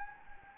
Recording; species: mosquito wingbeat signal from an infrared sensor; Anopheles gambiae